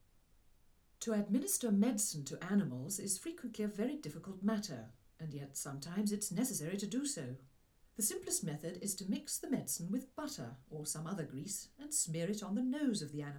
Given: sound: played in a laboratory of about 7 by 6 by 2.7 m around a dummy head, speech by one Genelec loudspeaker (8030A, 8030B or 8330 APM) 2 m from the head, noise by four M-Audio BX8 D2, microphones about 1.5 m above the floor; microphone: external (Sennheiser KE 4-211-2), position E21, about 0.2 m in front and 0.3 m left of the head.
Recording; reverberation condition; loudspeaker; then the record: female speech in English; low; 30 degrees to the right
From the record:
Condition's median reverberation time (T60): about 310 ms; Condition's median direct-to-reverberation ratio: about 3.5 dB